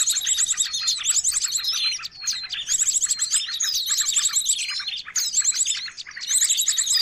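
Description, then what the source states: Birds chattering loudly, high rapid trills and chirps in repeated bursts separated by brief gaps, several birds overlapping. Noisy mix of bird calls used for luring birds.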